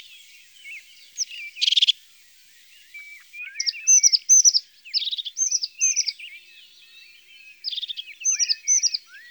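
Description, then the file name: European crested tit song, with short buzzy stuttering phrases and thin high notes repeating irregularly across the recording, in an otherwise quiet background. "Mesange huppee ABC des chants doiseaux"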